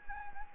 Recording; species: mosquito wingbeat signal from an infrared sensor; Anopheles gambiae